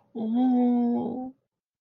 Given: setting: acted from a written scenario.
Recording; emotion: vocal sound without words; sympathy